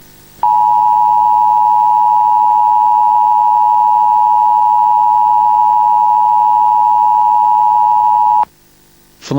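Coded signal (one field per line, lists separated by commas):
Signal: Emergency Alert System (SAME) tones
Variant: 853 and 960 Hz attention tone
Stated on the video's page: Fictional flood alert from analog horror lore.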